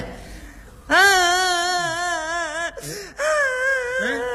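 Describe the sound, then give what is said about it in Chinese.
On a Beijing Literature and Art Radio broadcast, a voice imitates a little boy held by an aunt crying: two long, loud, high-pitched wavering wails separated by a short sob-like catch, with no talking. “阿姨抱着小孩哭了，这你怎么办？”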